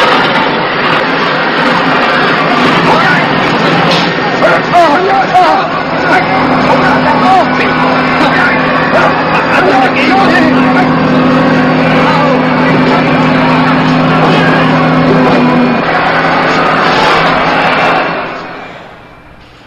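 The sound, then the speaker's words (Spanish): A dense, agitated crowd shouts continuously, demanding Soylent Green, while a steady, low rumble of approaching heavy truck engines drones beneath, the whole roar holding for about fifteen seconds before fading away at the end; a scene from the film Soylent Green. “Los camiones están en camino. Vienen hacia aquí. Repito, vienen los camiones.”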